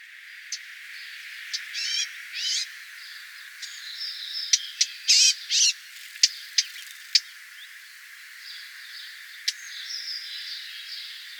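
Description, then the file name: Eurasian blackcap calls, scattered hard tick notes and a few brief scratchy bursts, with long quiet gaps. "Sylvia atricapilla"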